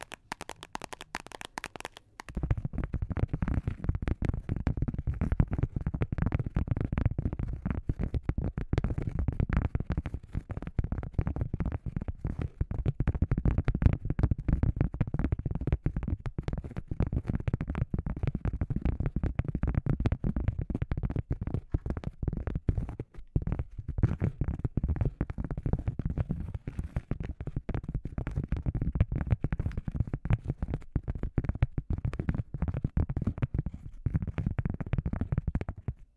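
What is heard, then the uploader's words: Dark, relaxing tapping: a fast, dense stream of soft taps, heavy and low in tone with little brightness, running steadily from about two seconds to the end. Short pauses break it near 23 and 34 seconds, and a brief hiss opens the clip. ASMR Dark & Relaxing Tapping For Sleep (No Talking).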